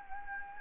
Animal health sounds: mosquito wingbeat signal from an infrared sensor; Anopheles gambiae

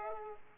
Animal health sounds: mosquito wingbeat signal from an infrared sensor; Aedes aegypti

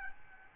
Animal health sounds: mosquito wingbeat signal from an infrared sensor; Aedes albopictus

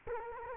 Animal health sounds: mosquito wingbeat signal from an infrared sensor; Culex quinquefasciatus

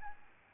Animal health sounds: mosquito wingbeat signal from an infrared sensor; Aedes albopictus

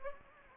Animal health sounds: mosquito wingbeat signal from an infrared sensor; Anopheles gambiae

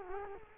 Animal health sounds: mosquito wingbeat signal from an infrared sensor; Culex quinquefasciatus

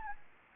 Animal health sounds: mosquito wingbeat signal from an infrared sensor; Anopheles gambiae

